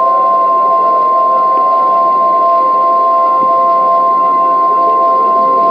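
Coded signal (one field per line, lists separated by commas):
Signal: Emergency Alert System (SAME) tones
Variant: 1050 Hz attention tone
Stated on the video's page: A fictional EAS scenario containing valid EAS tones.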